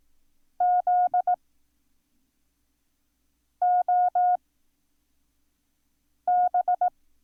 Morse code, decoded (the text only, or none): ZOB